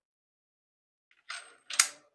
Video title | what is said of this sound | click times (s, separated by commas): Installing an indoor bike trainer - tips from Tour Alberta Bike Partner, Bow Cycle | Once you have that locked into place all you do is come down and tighten the drum so that it's easily rolling and its grabbing on to your tire. | 1.8 s